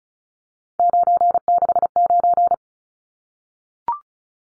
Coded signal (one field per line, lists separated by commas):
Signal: Morse code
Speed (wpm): 34 wpm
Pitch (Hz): 700 Hz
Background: none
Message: 969